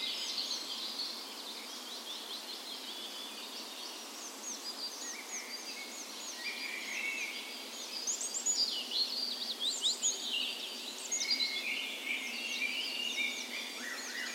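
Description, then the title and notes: Dawn chorus birds: many high chirps and rapid trills overlapping, quieter at first, growing busier and louder in the second half. Spring dawn chorus on the morning of 17 May, Norway's National Day, in a park west in Bergen, Norway; recorded with a Sony PCM A10 and LOM Micro Usi microphones as tree ears. "17th Of May Dawn Chorus. Recorded on the morning of Norways National Day the 17th of May in a park west in Bergen. Spring is in full effect, and the dawn chorus sounds wonderful!"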